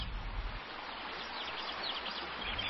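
Light bird chirps and short tweets flicker over a steady, rushing hiss like flowing water, with no talking, growing a little busier toward the end.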